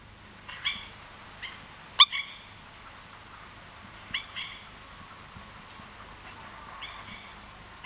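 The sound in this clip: Pied kingfisher calls: a few short, squeaky chatter notes and one sharp, loud note, separated by pauses, with steady low background noise.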